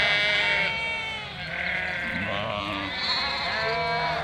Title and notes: 847 Rue de Vars, 73310 Chindrieux, France - Troupeau de moutons. En ce jour de printemps, au beau milieu d'un troupeau de 467 moutons et agneaux fraîchement comptés par le berger. Bêlements en chorale très spacialisée et en mouvement